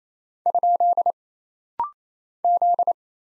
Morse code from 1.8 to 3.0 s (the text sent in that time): Z